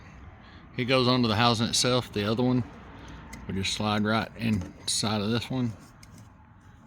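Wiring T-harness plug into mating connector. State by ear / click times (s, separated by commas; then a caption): seated / 6.0 s. Someone talks while fitting a T-harness for M2 powered running boards on a 2021 Bronco; one harness plug is slid inside its mating plastic connector, while the other plug, with a red lock, goes onto the housing itself. After the talking stops, a short, faint click at 6.0 s marks the plug seating in the connector.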